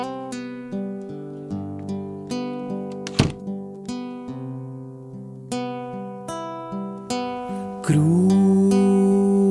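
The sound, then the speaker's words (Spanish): An instrumental song intro by a band from Concepción begins, with a steady pattern of plucked, ringing notes that decay between beats, before a louder, sustained tone swells in near the end. No singing yet. “vamos a cerrar con una banda penquista llamada … con su canción …”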